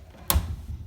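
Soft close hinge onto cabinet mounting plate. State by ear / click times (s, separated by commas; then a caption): seated / 0.3 s. A cabinet door's bottom soft-close hinge is hooked onto the clips of its mounting plate and shifted into place. One sharp click sounds at 0.3 s, followed by a little low rumble. The hinge is seated on the plate and secure.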